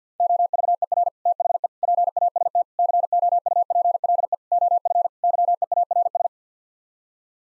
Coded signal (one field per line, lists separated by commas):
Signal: Morse code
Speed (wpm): 50 wpm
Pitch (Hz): 700 Hz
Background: none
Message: OVER THE PAST COUPLE OF YEARS